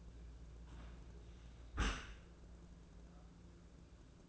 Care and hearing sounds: daily activity, microphone in the room; close dishwasher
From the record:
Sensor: 2

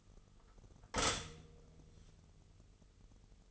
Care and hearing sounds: daily activity, microphone in the room; stop toaster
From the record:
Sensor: 4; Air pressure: 989.4 hPa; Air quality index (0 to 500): 216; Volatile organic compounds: 67 ppm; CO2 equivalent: 3492 ppm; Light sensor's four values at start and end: 24/83/30/32 and 24/84/31/33

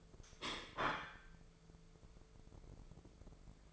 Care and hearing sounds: daily activity, microphone in the room; place plate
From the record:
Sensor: 5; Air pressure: 1015.1 hPa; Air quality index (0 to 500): 205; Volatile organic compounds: 10 ppm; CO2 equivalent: 2254 ppm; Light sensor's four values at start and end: 67/157/66/70 and 75/178/75/82

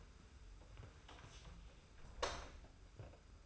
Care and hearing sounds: daily activity, microphone in the room; close door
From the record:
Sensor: 2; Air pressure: 991.5 hPa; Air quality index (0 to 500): 149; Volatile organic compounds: 419 ppm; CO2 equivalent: 4703 ppm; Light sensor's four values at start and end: 31/92/36/34 and 31/92/36/34

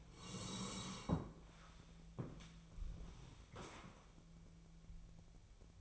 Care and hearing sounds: daily activity, microphone in the room; sit down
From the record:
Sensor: 1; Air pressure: 1000.5 hPa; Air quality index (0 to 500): 177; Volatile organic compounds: 4 ppm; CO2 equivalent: 1634 ppm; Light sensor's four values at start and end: 12/28/12/13 and 12/28/12/13

